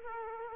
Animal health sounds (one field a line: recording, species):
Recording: mosquito wingbeat signal from an infrared sensor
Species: Culex quinquefasciatus